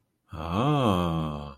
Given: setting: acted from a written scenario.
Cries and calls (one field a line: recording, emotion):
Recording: vocal sound without words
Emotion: romantic love